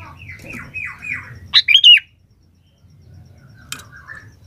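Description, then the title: Sooty-headed bulbul gives one loud, bubbly burst of three quick notes, preceded by a series of softer, drooping chirps and followed by a faint chirp, over a low hum. "Kutilang"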